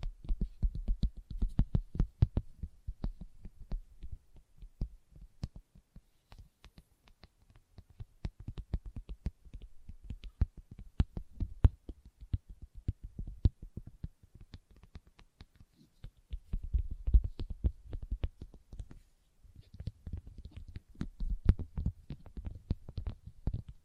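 Leather being tapped and scratched, with dense, irregular clicks and soft thumps throughout the whole stretch. The taps come in quick uneven flurries with a dull low body and crisp tops, growing busier and heavier around seventeen seconds and again near twenty-two.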